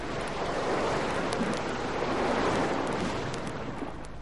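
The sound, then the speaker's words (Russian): A steady, roaring wash of surging waves and rushing wind, loud and unbroken for several seconds with a slight swell in the middle, a storm at sea driving Gulliver's ship east. “Потом началась буря.”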